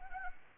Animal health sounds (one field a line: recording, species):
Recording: mosquito wingbeat signal from an infrared sensor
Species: Anopheles arabiensis